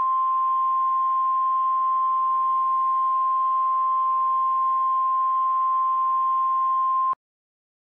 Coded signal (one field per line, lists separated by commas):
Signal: Emergency Alert System (SAME) tones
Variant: 1050 Hz attention tone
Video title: EAS Mock - Mystery Scenerio (Part 1)